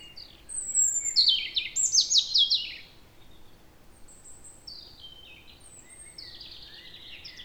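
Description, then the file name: European robin song: a loud cascade of high, descending twittering notes, followed by quieter, softer whistled phrases against a light, steady hiss. "Erithacus rubecula"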